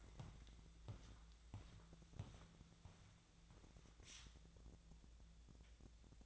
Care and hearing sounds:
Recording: daily activity, microphone in the room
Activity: walk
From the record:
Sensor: 3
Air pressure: 1012.1 hPa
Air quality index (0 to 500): 185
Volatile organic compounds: 3 ppm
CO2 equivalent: 1414 ppm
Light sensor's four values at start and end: 55/145/63/66 and 56/148/64/68

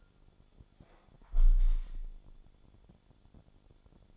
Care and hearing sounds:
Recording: daily activity, microphone in the room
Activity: close window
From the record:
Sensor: 5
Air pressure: 1015.0 hPa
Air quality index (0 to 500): 95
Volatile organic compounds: 2 ppm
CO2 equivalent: 1014 ppm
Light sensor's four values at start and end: 35/80/32/31 and 35/80/32/31

